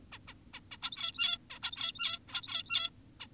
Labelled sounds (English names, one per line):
Zebra Finch